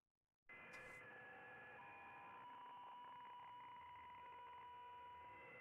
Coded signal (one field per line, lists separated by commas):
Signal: PSK63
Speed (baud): 62.5 baud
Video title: M0KNM - RSGB 3.5MHz Club Championship Data Contests Livestream 02/06/25